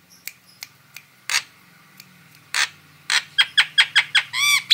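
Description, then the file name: Starling song: scattered ticks and raspy bursts building into rapid repeated chattering notes and a bright ringing squeal at the close. Female bird. "suara burung jalak betina"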